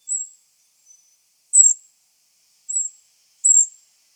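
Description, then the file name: Eurasian wren: four thin, high, sharp call notes at irregular intervals, with a faint brief squeak between the first two. "Troglodytes troglodytes"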